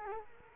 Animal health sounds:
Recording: mosquito wingbeat signal from an infrared sensor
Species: Culex quinquefasciatus

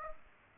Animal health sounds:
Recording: mosquito wingbeat signal from an infrared sensor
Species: Aedes aegypti

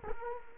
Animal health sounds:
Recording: mosquito wingbeat signal from an infrared sensor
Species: Culex quinquefasciatus

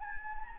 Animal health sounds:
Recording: mosquito wingbeat signal from an infrared sensor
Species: Anopheles gambiae

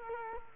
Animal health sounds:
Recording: mosquito wingbeat signal from an infrared sensor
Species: Culex quinquefasciatus

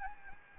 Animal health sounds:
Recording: mosquito wingbeat signal from an infrared sensor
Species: Aedes aegypti

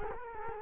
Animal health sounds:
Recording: mosquito wingbeat signal from an infrared sensor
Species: Culex quinquefasciatus

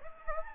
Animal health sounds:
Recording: mosquito wingbeat signal from an infrared sensor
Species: Aedes aegypti

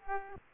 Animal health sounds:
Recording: mosquito wingbeat signal from an infrared sensor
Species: Aedes aegypti

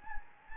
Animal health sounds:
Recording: mosquito wingbeat signal from an infrared sensor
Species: Anopheles gambiae

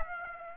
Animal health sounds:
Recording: mosquito wingbeat signal from an infrared sensor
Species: Aedes aegypti

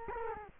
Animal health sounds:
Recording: mosquito wingbeat signal from an infrared sensor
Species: Culex quinquefasciatus

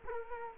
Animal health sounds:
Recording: mosquito wingbeat signal from an infrared sensor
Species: Culex quinquefasciatus

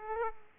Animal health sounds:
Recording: mosquito wingbeat signal from an infrared sensor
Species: Aedes aegypti

